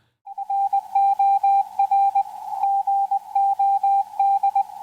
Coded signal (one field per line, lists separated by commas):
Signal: Morse code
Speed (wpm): 20 wpm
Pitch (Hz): 790 Hz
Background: radio noise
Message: NOR GOD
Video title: Meshtastic, Georgia QSO Party & Club Updates | NFARL Monthly Meeting – March 2026